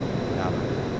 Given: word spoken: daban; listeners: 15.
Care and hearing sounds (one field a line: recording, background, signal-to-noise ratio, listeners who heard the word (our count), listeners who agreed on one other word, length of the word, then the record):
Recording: one Spanish word in noise, from a listening test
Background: speech-shaped noise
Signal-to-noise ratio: -6.4 dB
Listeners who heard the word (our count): 0 of 15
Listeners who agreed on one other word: 7 of 15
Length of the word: 0.60 s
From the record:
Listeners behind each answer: 7, 2, 2, 1, 1, 1, 1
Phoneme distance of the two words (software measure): 27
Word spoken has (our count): 2 syllables, 5 phonemes, stress on syllable 1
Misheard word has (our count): 2 syllables, 4 phonemes, stress on syllable 1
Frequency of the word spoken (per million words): 27.24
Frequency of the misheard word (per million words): 100.47